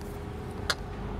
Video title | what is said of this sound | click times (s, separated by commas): Brompton X Barbour Special Edition 2022: Alle Details + Faltrad zusammenfalten/aufbauen | bis es einrastet klack | 0.7 s